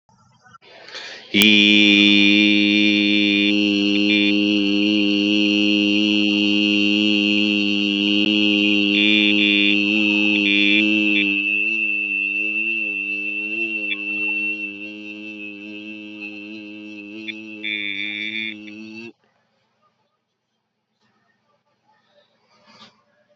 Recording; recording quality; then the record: sustained vowel as in beet; moderate, slight background noise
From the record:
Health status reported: healthy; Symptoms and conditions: none ticked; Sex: male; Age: 29 years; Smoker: not ticked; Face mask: worn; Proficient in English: yes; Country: India